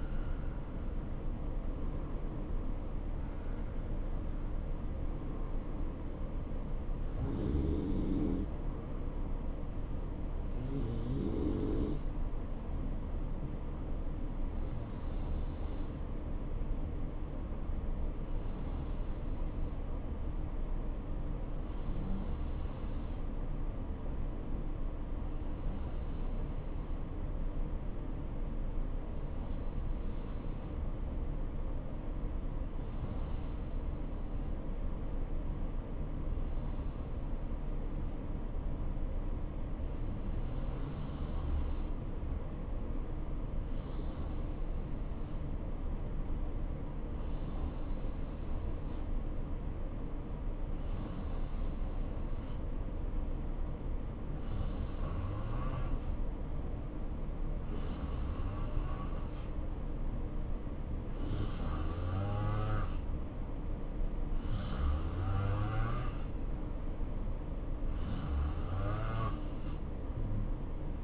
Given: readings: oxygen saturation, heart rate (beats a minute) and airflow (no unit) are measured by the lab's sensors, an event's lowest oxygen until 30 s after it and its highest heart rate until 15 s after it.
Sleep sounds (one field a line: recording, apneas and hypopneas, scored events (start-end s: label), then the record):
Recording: breathing in sleep by a smartphone at the bedside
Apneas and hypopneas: 1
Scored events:
12.00-64.90 s: hypopnea (N2, oxygen 92% highest, then 89% lowest, heart rate 68 at the start, 73 highest)
From the record:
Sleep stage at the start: N2 (light sleep)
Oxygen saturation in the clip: 90 to 92%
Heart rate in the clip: 64 to 71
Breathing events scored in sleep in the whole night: 277 in 7.4 hours asleep